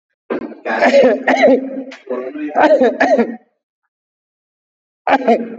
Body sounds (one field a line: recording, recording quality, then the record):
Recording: heavy voluntary cough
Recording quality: excellent, no background noise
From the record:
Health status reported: COVID-19 positive, mild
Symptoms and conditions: sore throat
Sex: male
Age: 28 years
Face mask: not worn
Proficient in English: yes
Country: India